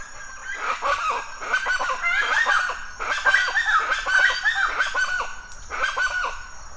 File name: felix blume animals birds chachalas loud call dawn forest mexico